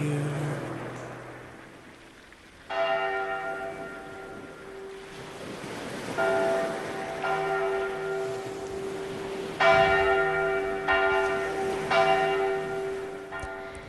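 A church bell tolls in a belfry within a recorded song, slow, resonant strikes, each ringing with bright layered overtones and a long decay, over a steady rushing wash like surf and wind.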